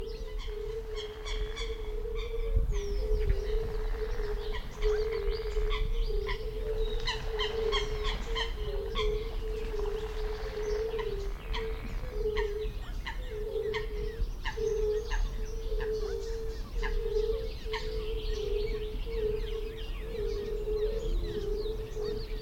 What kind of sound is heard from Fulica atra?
call